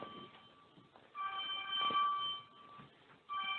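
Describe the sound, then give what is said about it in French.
An electronic alarm marking the hour to pray sounds in steady tonal bursts, a sustained harmonic buzz that pauses briefly and returns, fairly loud over a low background hum, with no talking. “Je crois que c'est l'alarme, ça, n'est-ce pas, frère?”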